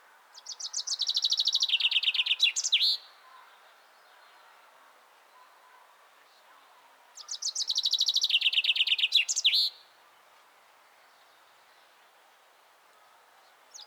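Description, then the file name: Common chaffinch singing two full songs about seven seconds apart. Each is a rattling, descending trill closing with a brief flourish, with quiet pauses between. "Fringilla coelebs"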